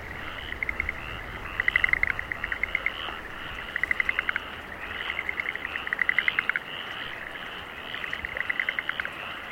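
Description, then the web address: Frogs producing bursts of quick ticking croaks, repeated again and again against a continuous wash of chorus sound. Frogs in rice fields in Aomori, Japan. "Sound Effects-Foundation 1 ANIMAL FROGS AOMORI RICE FIELDS"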